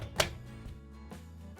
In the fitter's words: and then replacing the cap back on until it snaps